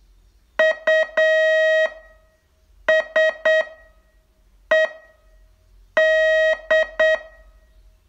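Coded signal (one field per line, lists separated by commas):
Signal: Morse code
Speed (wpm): 7 wpm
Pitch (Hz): 630 Hz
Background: none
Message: USED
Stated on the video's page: Morse training test, day 26 of a 42-day course.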